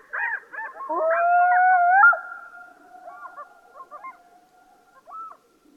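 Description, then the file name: Black-throated loon wail: a long, steady tonal cry held for about a second before breaking off, then fainter broken notes and a final short call. Recording carries an echo. "black throated loon bird echo"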